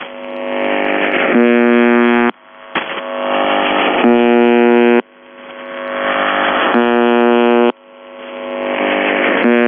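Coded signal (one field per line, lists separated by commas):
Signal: channel marker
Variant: UVB-76 (The Buzzer)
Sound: harsh low buzzes about one second long, four in ten seconds, separated by hiss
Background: radio static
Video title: The Buzzer/UVB-76(4625Khz) July 30, 2021 Voice messages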